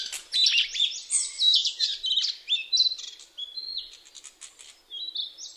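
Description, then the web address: Narcissus flycatcher song, a loud varied string of whistled and trilled notes, then steady pure whistles stepping between pitches, with a rising note at the end. Fighting, recorded 10 May 2010 around 05:54. "kibitaki kenka 20100510 0554"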